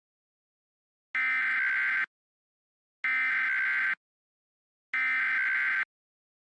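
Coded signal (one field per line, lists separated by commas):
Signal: Emergency Alert System (SAME) tones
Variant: header bursts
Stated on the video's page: EAS recreation of a past tornado event, not a live alert.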